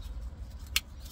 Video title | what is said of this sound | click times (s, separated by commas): Ultimate 5-in-1 Cordless Car Vacuum & Electric Air Duster - 17000Pa Suction, 90 Mins Runtime | and wait until it clicks and then all you do is just hook this up here | 0.8 s